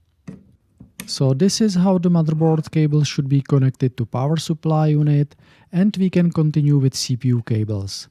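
A 24-pin motherboard power cable's male plastic connector is pushed into the female socket on a modular Seasonic Focus GX-850 power supply unit, giving one sharp click at 0.3 s as it seats and locks in. A fainter sound follows at about 0.8 s, then someone talks for the rest of the clip.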